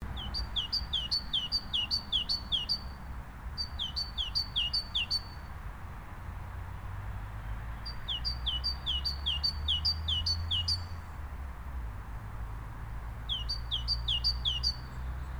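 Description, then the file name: Great tit song: bright two-note phrases repeated rapidly in bouts of several seconds, separated by short pauses, over a steady low rumbling background noise. "Parus major"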